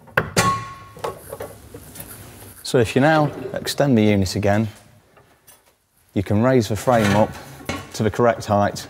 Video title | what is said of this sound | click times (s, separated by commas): ECF Innostor Plus Soft Close Larder | and then push right in until you hear them click | 0.2 s